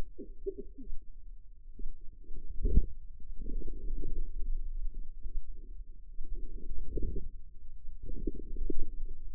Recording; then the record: forearm muscle sounds (acoustic myography)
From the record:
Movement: wrist flexion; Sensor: system 2, bracelet of six BSWA MPA416 microphones around the upper forearm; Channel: 1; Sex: female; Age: 25 years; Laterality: right